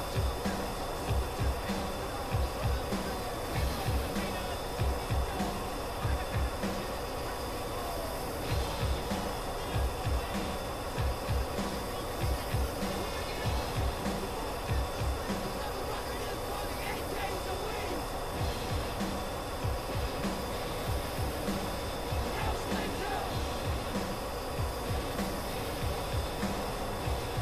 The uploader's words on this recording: Flying an F-14 Tomcat with Maverick and Iceman || Top Gun Ambience. Cockpit of an F-14 Tomcat cruising the blue skies.